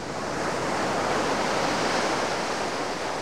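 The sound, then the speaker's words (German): Ocean waves wash in a steady, unbroken roar of surf, a dense hiss that holds an even loudness for a few seconds with no voices over it. “Ja, ich gehe gerade über das Land und da vorne ist schon das Meer.”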